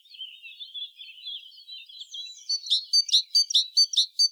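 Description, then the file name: Great tit calling: soft, thin high twittering, then a loud run of about nine harsh, buzzy notes repeated quickly and evenly. "Parus major"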